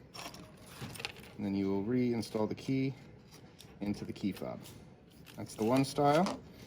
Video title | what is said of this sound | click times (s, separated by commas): How To: Replace Audi Key Fob Batteries | until it clicks. | 1.1 s